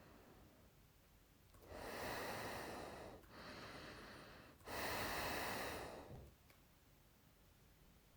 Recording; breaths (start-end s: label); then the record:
nose breathing near a microphone
0.00-0.70 s: inhalation
1.40-3.10 s: exhalation
3.10-4.47 s: inhalation
4.47-6.14 s: exhalation
From the record:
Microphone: phone